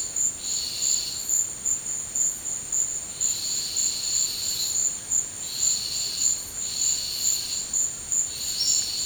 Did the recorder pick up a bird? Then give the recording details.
no. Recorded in dense forest near Puerto Asís, Putumayo, Colombia, on 24 March 2025 at 15:00. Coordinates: 0.485, -76.318. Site G056